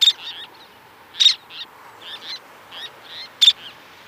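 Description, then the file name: Least tern calling with sharp high notes and quick doubled chips, irregularly spaced, over a faint hiss. "Golosa ptic - Karlikovaya krachka Sternula antillarum"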